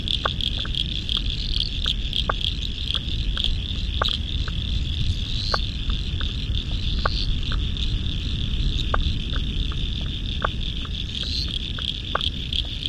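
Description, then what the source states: Frogs in chorus: crisp clicking calls repeated irregularly throughout, over a sustained high-pitched trill and low continuous rumble. Spring frog chorus at dusk beside the South Pacific Ocean, Royal National Park, Australia, November 2015.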